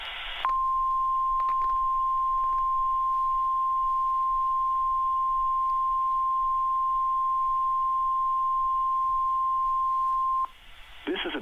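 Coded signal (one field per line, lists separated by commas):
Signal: Emergency Alert System (SAME) tones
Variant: 1050 Hz attention tone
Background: speech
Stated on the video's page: Fictional scenario alert, not a real broadcast.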